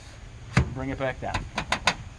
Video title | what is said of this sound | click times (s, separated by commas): Verona Setup | and then push in and it'll lock into place | 0.6 s